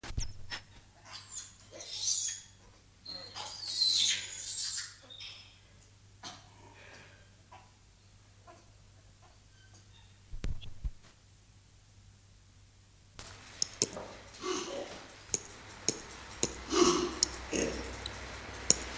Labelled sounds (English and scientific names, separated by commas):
Ring-tailed Lemur (Lemur catta) call